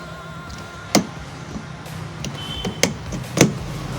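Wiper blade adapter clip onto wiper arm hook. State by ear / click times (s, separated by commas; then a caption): seated / 1.0 s, 2.8 s. A new Bosch frameless wiper blade's adapter clip is pushed onto the wiper arm's hook until it snaps in, and the clip is then locked. Sharp clicks are heard at 0.9 s and 2.8 s over a low steady background, with smaller taps at about 2.2 s and 3.4 s. The blade clip seats on the arm.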